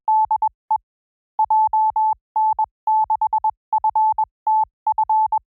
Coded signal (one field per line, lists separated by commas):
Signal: Morse code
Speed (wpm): 21 wpm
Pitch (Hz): 870 Hz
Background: none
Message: DE JN6FTF